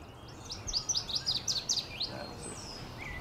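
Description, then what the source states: Northern waterthrush song, a loud run of sharp chirping notes repeated quickly and dropping in pitch toward the end, over steady background noise. Singing in the bushes at sunrise during spring migration at a National Wildlife Refuge in Concord, Massachusetts; loud chirping song descending in pitch; a warbler.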